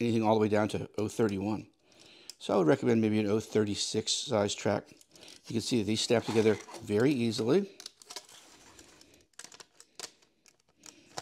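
Two plastic toy train track sections are handled and pushed toward each other at the joint while someone talks, followed by a few light plastic taps and knocks near the end. The clip ends before the sections click together; nothing has seated yet.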